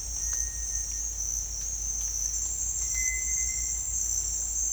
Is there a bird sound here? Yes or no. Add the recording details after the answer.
yes. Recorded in dense forest near Puerto Asís, Putumayo, Colombia, on 18 December 2024 at 09:00. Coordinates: 0.481, -76.323. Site G100